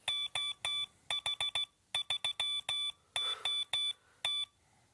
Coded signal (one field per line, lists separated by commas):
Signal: Morse code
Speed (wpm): 15 wpm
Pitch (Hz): 3500 Hz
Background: none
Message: OH3OT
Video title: Radioamatööritoiminta Suomessa (lang: finnish, subtitles: n/a)